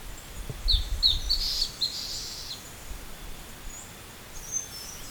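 Bird calls: a short run of high, thin chirps in the first two seconds, then a few faint high notes later over a low rumble.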